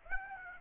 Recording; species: mosquito wingbeat signal from an infrared sensor; Aedes aegypti